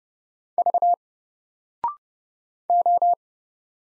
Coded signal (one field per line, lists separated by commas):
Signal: Morse code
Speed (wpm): 30 wpm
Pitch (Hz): 700 Hz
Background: none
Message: V O